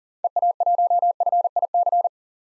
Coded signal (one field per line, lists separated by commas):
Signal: Morse code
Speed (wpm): 40 wpm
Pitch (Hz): 700 Hz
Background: none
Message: EA1FIC